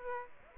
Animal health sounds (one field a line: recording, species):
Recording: mosquito wingbeat signal from an infrared sensor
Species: Aedes aegypti